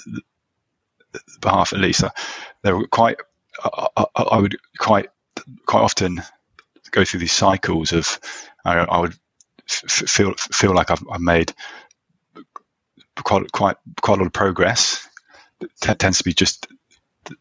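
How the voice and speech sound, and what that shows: A low-pitched adult male voice, a man who stammers, speaks in halting bursts with repeated words and part-words ("quite, quite", "I've, I've", "te-tend"), stretched sounds and long silent pauses, a pattern of repetitions and blocks typical of stuttering. He has had speech therapy over several years and tends to relapse after therapy periods end.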